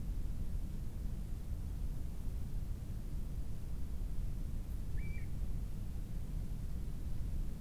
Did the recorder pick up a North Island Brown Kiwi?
no